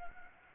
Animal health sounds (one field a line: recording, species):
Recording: mosquito wingbeat signal from an infrared sensor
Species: Anopheles gambiae